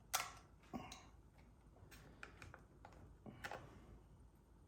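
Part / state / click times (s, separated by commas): snap ring into the groove retaining the intermediate shaft bearing of a flat-six engine / not seated / none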